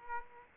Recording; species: mosquito wingbeat signal from an infrared sensor; Aedes aegypti